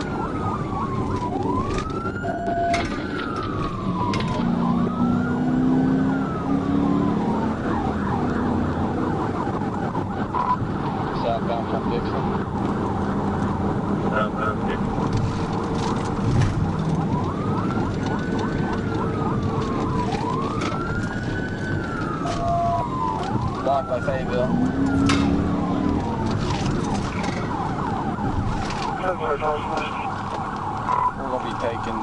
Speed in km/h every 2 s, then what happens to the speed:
81, 95, 103, 113, 114, 114, 121, 122, 119, 109, 101, 97, 108, 85, 64, 31.
0-11 speeds up to 121. 11-17 steady at about 121. 17-21 brakes to 97. 21-25 speeds up to 108. 25-32 brakes to 31.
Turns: none.